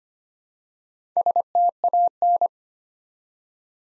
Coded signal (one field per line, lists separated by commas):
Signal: Morse code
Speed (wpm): 25 wpm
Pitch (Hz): 700 Hz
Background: none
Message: STAN